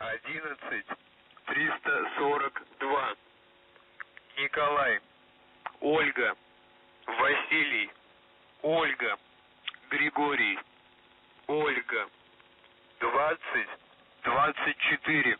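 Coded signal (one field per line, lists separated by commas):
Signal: coded military voice message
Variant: Russian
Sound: a Russian voice reads numbers and phonetic-alphabet names in short, evenly spaced bursts over radio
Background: radio static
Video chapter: 01:47 - Воздух Охват98 11342 НОВОГО 2024 1337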